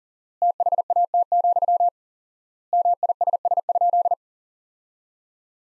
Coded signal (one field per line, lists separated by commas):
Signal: Morse code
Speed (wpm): 40 wpm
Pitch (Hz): 700 Hz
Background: none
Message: THAT, MISS?